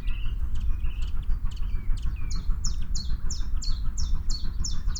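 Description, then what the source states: Common chiffchaff song: evenly spaced high, clipped notes, with faint twittering from other birds early on. Song of an adult bird.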